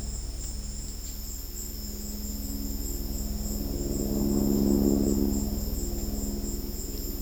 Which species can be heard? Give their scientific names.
none